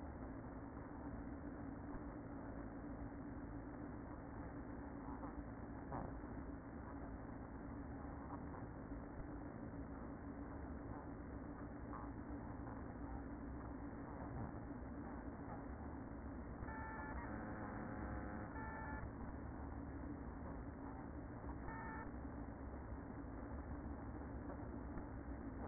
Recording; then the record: honeybee colony, microphone inside the hive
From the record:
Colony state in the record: queen present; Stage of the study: after two queens were removed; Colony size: about 60,000 bees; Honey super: yes